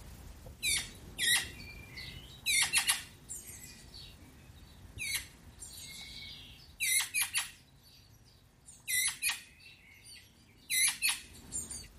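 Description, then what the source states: Young Eurasian magpie begging: harsh, raspy, high-pitched bursts in short clusters, repeated every few seconds, with quiet gaps between. Young bird, begging call.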